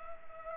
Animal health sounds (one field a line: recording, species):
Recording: mosquito wingbeat signal from an infrared sensor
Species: Culex pipiens